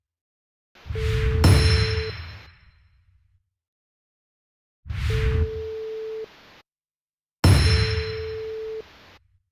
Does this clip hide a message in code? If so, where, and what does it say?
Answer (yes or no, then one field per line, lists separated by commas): no